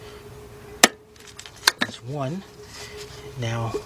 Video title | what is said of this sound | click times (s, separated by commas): ⭐ 2002 Jeep Grand Cherokee Laredo - P0302 - Runs Rough - Spark Plugs | and just push back till it's, you're going to push back that way till it snaps back into place. | 0.8 s